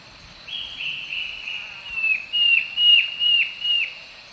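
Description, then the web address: Slate-colored antbird calling with a run of whistled notes that grow louder, later notes ending in quick downward slurs, against constant high-pitched insect buzzing. Recorded in the eastern lowlands of South America. "Natures Songs S America Eastern Lowlands. Slate-colored Antbird"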